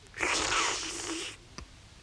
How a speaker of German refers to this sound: Er trinkt Tee, den er durch ein Stück Würfelzucker im Mund zieht.